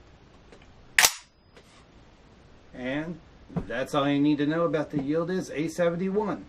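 The bolt release button on a Yildiz A71 semi-auto shotgun is pressed, freeing the locked-open steel bolt from its hold-open catch so it slams forward into battery with one loud, sharp metallic hit at 1.0 s. A few faint ticks come before and after it, then someone talks.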